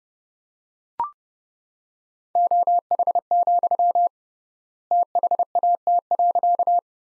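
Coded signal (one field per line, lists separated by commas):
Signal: Morse code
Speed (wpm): 31 wpm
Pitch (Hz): 700 Hz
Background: none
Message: OH, THAT.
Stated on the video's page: Morse practice sentences from the top 500 words at 30 wpm with 3x word spacing, a Farnsworth-like method.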